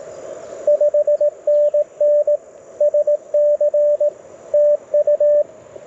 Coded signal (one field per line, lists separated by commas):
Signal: Morse code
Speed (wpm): 20 wpm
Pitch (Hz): 610 Hz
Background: none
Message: 5NN SC TU